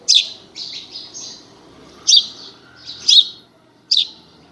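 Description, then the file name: House sparrow chirping, sharp chirps repeated roughly once a second with softer twittering notes between, over faint background noise. "Passer domesticus"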